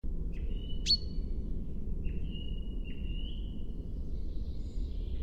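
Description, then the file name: Common chaffinch calls: a sharp high note, then thin, level whistled notes, over a steady low rumble. "Fringilla coelebs"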